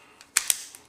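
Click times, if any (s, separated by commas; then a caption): 0.4 s. An 8-round magazine is pushed into the magazine well in the grip of a Bersa Thunder 380 pistol and locks in with a sharp snap at 0.4 s. A second loud, bright snap follows at 0.5 s, with a faint tick before the insertion at 0.2 s and another at 0.8 s. The magazine is fully seated.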